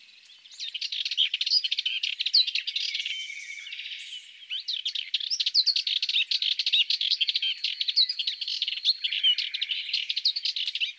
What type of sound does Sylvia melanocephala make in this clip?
song